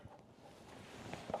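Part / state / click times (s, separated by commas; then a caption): metal U clip onto car underbody panel edge / seated / 1.1 s, 1.3 s. A replacement metal U clip (speed nut) is pushed onto the edge of a plastic underbody panel on a BMW G87 M2 so the oil cooler guard screws can be fitted. Against a low, steady background, two sharp snaps sound at 1.1 s and 1.3 s, the second one louder. The clip seats in place.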